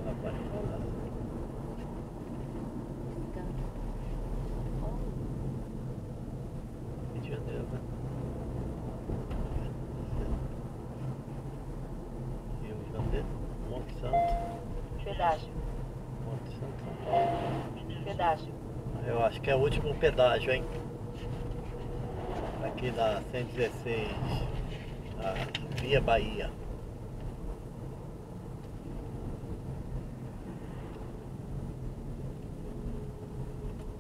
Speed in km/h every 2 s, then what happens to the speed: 53, 46, 43, 45, 48, 46, 43, 41, 39, 42, 43, 39, 40, 41, 40, 37, 37.
0-4 slows to 43. 4-9 steady at about 45. 9-14 slows to 41. 14-34 steady at about 40.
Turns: none.